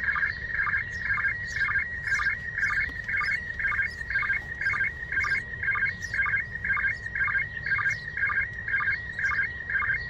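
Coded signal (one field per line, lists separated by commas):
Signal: SSTV (slow-scan television)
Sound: steady high whistle broken by rhythmic warbling chirps about twice per second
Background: radio static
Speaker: this was a pretty impressive receipt when you think about it uh considering that it's now close to 40 degrees in altitude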